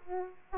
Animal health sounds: mosquito wingbeat signal from an infrared sensor; Aedes aegypti

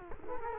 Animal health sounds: mosquito wingbeat signal from an infrared sensor; Culex quinquefasciatus

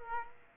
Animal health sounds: mosquito wingbeat signal from an infrared sensor; Aedes aegypti

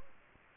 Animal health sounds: mosquito wingbeat signal from an infrared sensor; Anopheles gambiae

